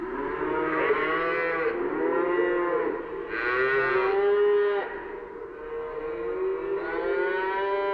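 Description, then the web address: Cows mooing: several long, drawn-out lows, some rising and falling in pitch, running on almost without a pause. "Matthew Kramer. Cows"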